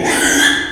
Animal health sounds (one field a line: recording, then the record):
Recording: squeal of a Yucatan mini pig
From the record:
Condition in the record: after surgery on the right vocal fold (resection and tissue-engineered implant)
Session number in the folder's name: 3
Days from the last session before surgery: 33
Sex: male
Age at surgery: 12 weeks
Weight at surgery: 13 kg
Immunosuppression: cyclosporine, prednisolone